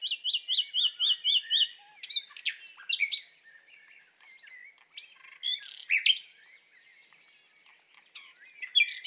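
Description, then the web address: Common nightingale song opening with a steady series of repeated notes, followed by varied sharp chirps and short phrases with pauses between. Courting song. "annee nature rossignol amoureux"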